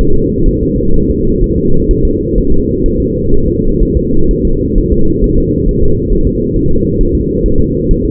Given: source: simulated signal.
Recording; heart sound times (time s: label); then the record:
fetal heart sounds
0.01 s: S1
0.16 s: S2
0.49 s: S1
0.63 s: S2
0.96 s: S1
1.11 s: S2
1.44 s: S1
1.58 s: S2
1.91 s: S1
2.05 s: S2
2.38 s: S1
2.52 s: S2
2.86 s: S1
3.00 s: S2
3.34 s: S1
3.48 s: S2
3.83 s: S1
3.97 s: S2
4.31 s: S1
4.45 s: S2
4.78 s: S1
4.92 s: S2
5.24 s: S1
5.38 s: S2
5.69 s: S1
5.83 s: S2
6.12 s: S1
6.27 s: S2
6.56 s: S1
6.71 s: S2
7.01 s: S1
7.15 s: S2
7.46 s: S1
7.60 s: S2
7.91 s: S1
8.05 s: S2
From the record:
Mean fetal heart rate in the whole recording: 130 bpm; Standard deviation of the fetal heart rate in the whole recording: 4 bpm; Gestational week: 38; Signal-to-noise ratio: -19.1 dB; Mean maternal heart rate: 72 bpm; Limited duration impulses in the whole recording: present